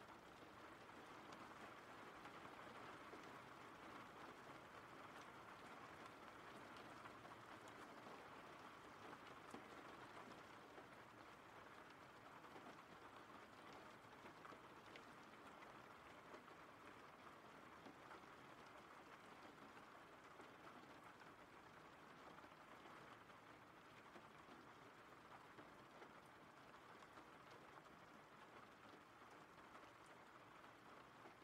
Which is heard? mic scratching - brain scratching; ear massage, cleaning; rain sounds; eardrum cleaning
rain sounds